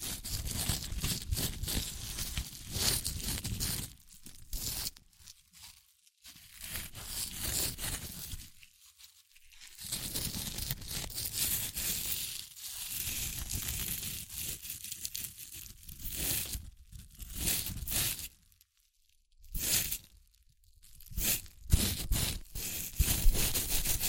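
Crunchy chips being crushed and eaten in dense, crackling bursts, broken by short silent pauses around five, nine and nineteen seconds.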